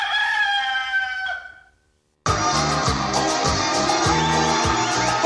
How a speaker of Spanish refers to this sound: gallo de riña.